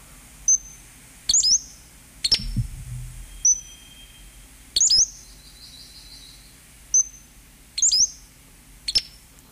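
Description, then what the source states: Western Flycatcher calls: thin, very high, sharp notes given singly or in pairs every second or two. A very slight, hard-to-hear call; the birds are easier to spot than to hear.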